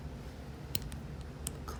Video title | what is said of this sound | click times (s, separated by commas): Forged H22 bottom end gets assembled! | pry it in, and then you'll hear a nice little click. There it is, once it's in. | 1.5 s